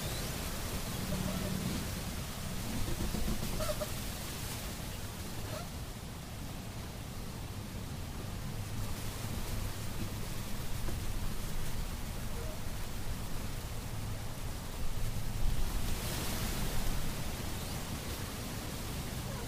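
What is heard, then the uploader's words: Trees rustle steadily in the wind, a dense, even hiss over a low, constant rumble. The rustling swells in brief gusts near the start, around nine seconds, and most strongly from about fifteen to seventeen seconds, then settles back. Relaxing Sounds of Rustling Trees.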